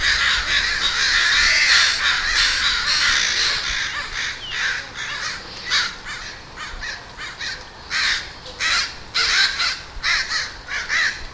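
Crows cawing in a busy chorus, harsh overlapping caws running almost without a break at first, then coming as distinct calls.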